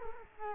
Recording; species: mosquito wingbeat signal from an infrared sensor; Culex quinquefasciatus